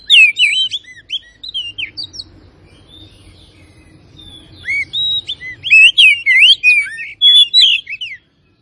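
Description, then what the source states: Oriental magpie-robin whistling in rich, varied phrases with fast slurs and high chips, a soft gap midway, then a loud energetic burst. Kacer from Tretes, singing in full active song (gacor).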